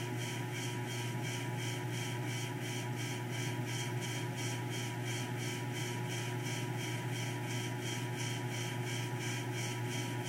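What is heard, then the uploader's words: A ceiling fan runs steadily with a low motor hum and a constant whoosh of moving air. A fast, regular pulsing beat, about three times a second, rides on top from its wobble, and the level stays even throughout. Ceiling Fan Sound. The sound of an obnoxious, wobbly ceiling fan.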